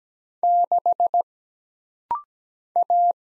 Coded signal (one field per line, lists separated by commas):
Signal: Morse code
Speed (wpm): 17 wpm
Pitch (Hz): 700 Hz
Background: none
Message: 6 A